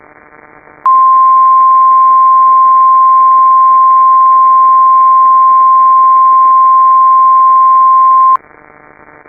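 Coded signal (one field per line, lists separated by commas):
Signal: Emergency Alert System (SAME) tones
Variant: 1050 Hz attention tone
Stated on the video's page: Fictional EAS scenario.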